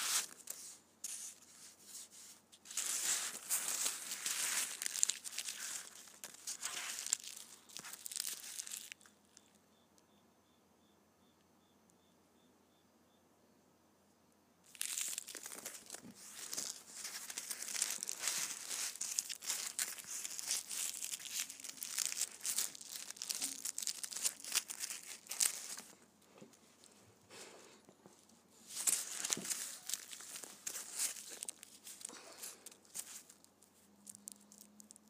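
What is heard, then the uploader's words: Candy wrappers are crinkled in bursts of dense, bright crackling, with quiet pauses around ten seconds and again near twenty-seven. ASMR Candy Wrappers.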